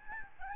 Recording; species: mosquito wingbeat signal from an infrared sensor; Aedes albopictus